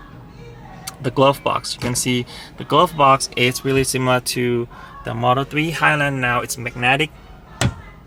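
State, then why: Seated. The plastic glove box door of a new Tesla Model Y Juniper, similar to the Model 3 Highland's, is pushed closed into the dashboard, held by magnetic pads with no mechanical lock. Someone talks, then a single sharp snap at 7.6 s marks the door seating shut.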